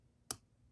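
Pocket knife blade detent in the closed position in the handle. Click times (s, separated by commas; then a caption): 0.3 s. The blade of a slip joint pocket knife is closed into its handle, and a single sharp, bright snap sounds at 0.3 s against a quiet background, fading within about a tenth of a second. The detent catches the blade and holds it securely shut in the closed position.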